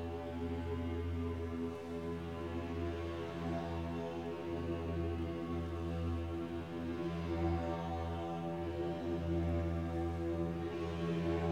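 A monochord bed with 55 piano strings drones steadily, its deep sustained hum layered with many shimmering overtones and brief swells throughout.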